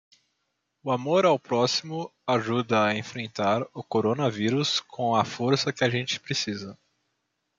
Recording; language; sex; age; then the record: spoken sentence; Brazilian Portuguese; male; 20 to 29 years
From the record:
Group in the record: control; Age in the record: 26 years